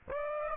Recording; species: mosquito wingbeat signal from an infrared sensor; Aedes aegypti